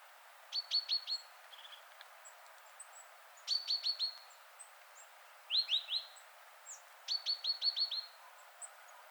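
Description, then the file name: Great tit calls: four quick bright chattering phrases of four or five rapid notes each, with faint chirps between. "Parus major"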